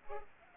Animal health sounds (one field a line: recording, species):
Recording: mosquito wingbeat signal from an infrared sensor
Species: Culex pipiens